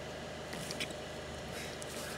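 An electrical plug is pushed onto a new boost pressure sensor fitted in the intercooler pipe of a Volkswagen Caddy, replaced over a P1592 boost pressure versus atmospheric pressure correlation fault. Faint handling and rustling noises lead to a sharp click at 1.8 s as the connector clicks in and seats.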